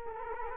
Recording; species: mosquito wingbeat signal from an infrared sensor; Culex quinquefasciatus